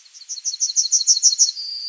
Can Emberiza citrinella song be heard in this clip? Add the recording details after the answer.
yes. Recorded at under 5 m from the bird. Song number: 037